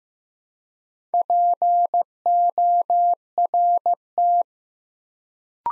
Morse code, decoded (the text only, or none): PORT